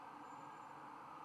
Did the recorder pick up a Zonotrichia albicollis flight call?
no